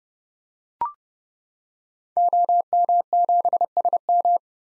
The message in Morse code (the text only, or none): OM7SM